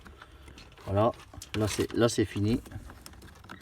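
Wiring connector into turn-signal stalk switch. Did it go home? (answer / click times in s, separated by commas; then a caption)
yes / 3.1 s. A second wiring connector is pushed into the replacement turn-signal stalk switch of an Axiam 741 microcar. Someone talks over soft handling noises until the plug clicks in at 3.1 s, and the connector is seated.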